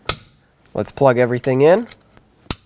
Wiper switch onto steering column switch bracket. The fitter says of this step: get the wiper switch reinstalled here it's going to have have to line up on some tracks and then press it in until it clicks